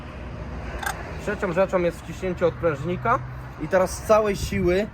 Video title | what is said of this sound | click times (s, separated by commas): ❗💪 Hybrydowy ciągnik jednoosiowy AGRORAY z silnikiem 6KM w dieslu wysyłka do klienta ❗💪 | bis die Welle einrastet, dann den | 0.9 s